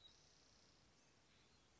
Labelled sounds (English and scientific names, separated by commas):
Spotted Towhee (Pipilo maculatus)